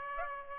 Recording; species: mosquito wingbeat signal from an infrared sensor; Aedes aegypti